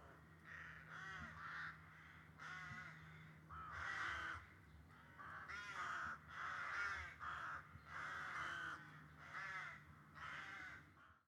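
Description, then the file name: Crow giving loud, raspy caws in a long irregular series, with a faint constant low hum underneath. "Crows Cawing"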